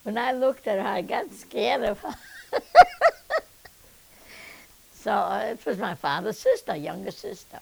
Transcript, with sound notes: When I looked at her I got scared of her. ( she laughs ) So, it was my father's sister, a younger sister.